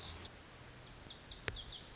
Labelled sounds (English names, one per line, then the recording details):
Lazuli Bunting
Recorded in Sonoma County, California